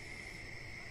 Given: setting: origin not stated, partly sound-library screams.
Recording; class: one-second piece from a danger detection set; normal situation